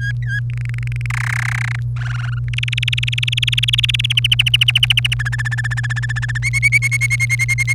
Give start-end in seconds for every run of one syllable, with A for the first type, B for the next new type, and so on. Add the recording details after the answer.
0.00-0.40 A, 0.50-1.06 B, 1.10-1.76 C, 1.96-2.39 D, 2.48-4.06 E, 4.10-5.14 F, 5.19-6.38 G, 6.42-7.73 H. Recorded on 1 May 2018 at 18:10. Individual llb3